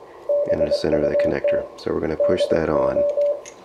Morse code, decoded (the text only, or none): BUT DO